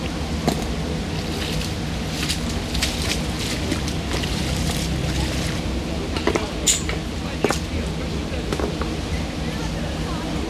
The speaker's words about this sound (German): Ja, die Hallenlüftung. Es tut mir jetzt leid, dass das hier so viel Lärm gibt